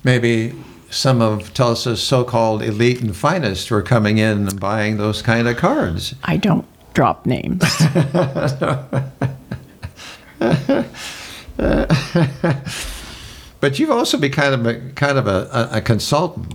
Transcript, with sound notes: Maybe some of Tulsa's so-called elite and finest were coming in and buying those kind of cards.
I don't drop names. (Chuckling)
(Laughing) But you've also been kind of a consultant.